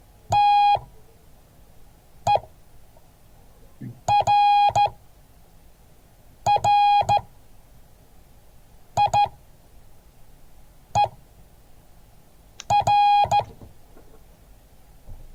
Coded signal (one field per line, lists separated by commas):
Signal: Morse code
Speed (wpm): 14 wpm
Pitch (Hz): 820 Hz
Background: none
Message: TERRIER